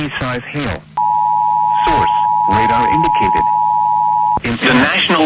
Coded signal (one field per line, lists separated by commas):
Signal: Emergency Alert System (SAME) tones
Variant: 853 and 960 Hz attention tone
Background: speech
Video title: IT JUST NEVER STOPS... | EAS Alerts from 6/20/2022 (EAS #1202-1233)